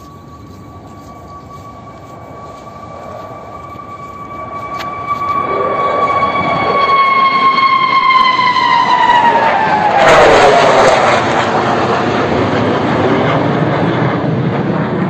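An Su-57 fighter jet approaches with a steady high whine and rising roar, then passes near ten seconds as the pitch drops.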